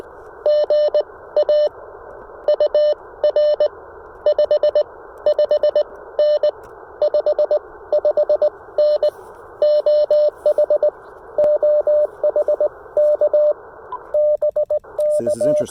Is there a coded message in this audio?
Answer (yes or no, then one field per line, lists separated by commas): yes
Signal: Morse code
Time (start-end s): 0.5-15.6 s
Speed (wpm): 18 wpm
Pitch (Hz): 600 Hz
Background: radio noise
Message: GA UR 55N 55N OH OHK BK